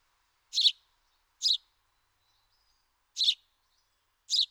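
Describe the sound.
House sparrow uttering four harsh chirps, two close together, a pause, then two more, with a faint thin whistle in the gap.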